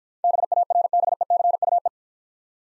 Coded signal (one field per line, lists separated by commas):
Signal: Morse code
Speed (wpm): 52 wpm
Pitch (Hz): 700 Hz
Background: none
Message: BARBECUE